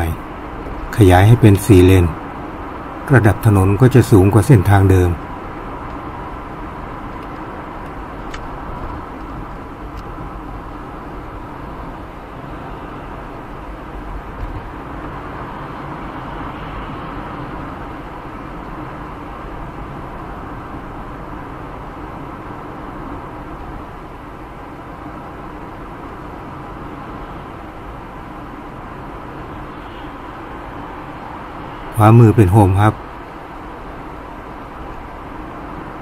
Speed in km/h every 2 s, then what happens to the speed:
69, 69, 68, 67, 61, 59, 58, 60, 59, 58, 57, 57, 57, 59, 59, 60, 60, 60.
0-10 slows to 59. 10-36 steady at about 59.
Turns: none.